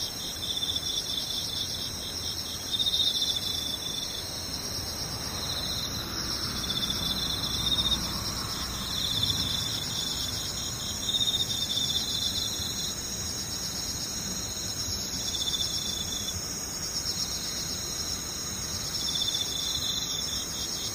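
Insects chirp in a dense, steady, high-pitched trill that pulses in regular waves, over a soft low rumble throughout.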